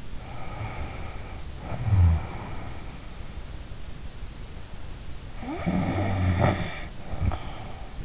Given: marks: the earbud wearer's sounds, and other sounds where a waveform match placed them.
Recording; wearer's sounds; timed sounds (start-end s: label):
sounds in sleep by an in-ear microphone; snoring breath
0.19-3.44 s: snoring breath
5.34-8.05 s: snoring breath